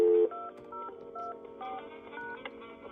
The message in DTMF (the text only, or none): 2024#